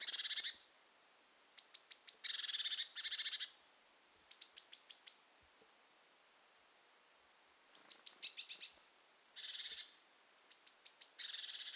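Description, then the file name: Eurasian blue tit calls: thin high see-see notes running into buzzy, scolding churrs, given in bursts with short silent gaps. "Cyanistes caeruleus"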